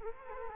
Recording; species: mosquito wingbeat signal from an infrared sensor; Culex quinquefasciatus